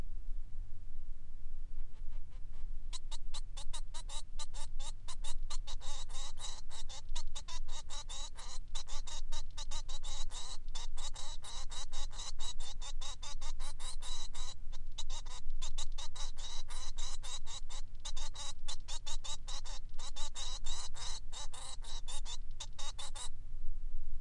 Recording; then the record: song of a male Bengalese finch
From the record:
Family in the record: son of father 3